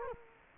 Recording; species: mosquito wingbeat signal from an infrared sensor; Culex quinquefasciatus